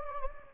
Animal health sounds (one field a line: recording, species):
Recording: mosquito wingbeat signal from an infrared sensor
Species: Anopheles gambiae